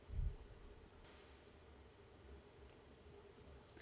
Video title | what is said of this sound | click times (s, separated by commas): machine setup 2 | tighten the vise to 25 inch pounds when you feel the wrench click it is set at the correct torque | 3.7 s